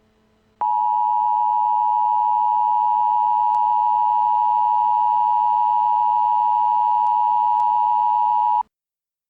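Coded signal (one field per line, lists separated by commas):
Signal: Emergency Alert System (SAME) tones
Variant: 853 and 960 Hz attention tone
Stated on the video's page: Fictional EAS scenario, a staged recreation rather than a real alert.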